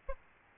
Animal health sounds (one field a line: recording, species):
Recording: mosquito wingbeat signal from an infrared sensor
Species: Aedes albopictus